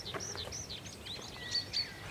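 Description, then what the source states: Linnet song: quick squeaky twittering notes, high arching chirps and short whistles tumbling over one another. Flock of about 30 linnets over farmland among dandelions in early May, feeding on dandelion seed heads; squeaky song.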